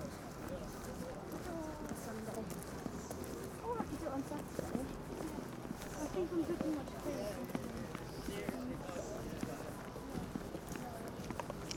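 A night walk through the Glastonbury festival grounds, with a dense, steady murmur of many overlapping voices throughout. Footsteps and scattered louder calls and laughter poke through, with a brief bright cluster of voices around the middle.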